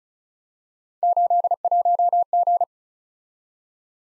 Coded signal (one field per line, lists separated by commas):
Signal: Morse code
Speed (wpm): 43 wpm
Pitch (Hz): 700 Hz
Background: none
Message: 81G